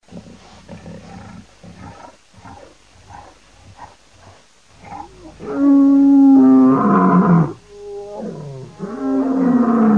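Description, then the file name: Lion roaring: a run of low rough grunts builds into long, loud, strongly harmonic moaning roars. "LEONESP"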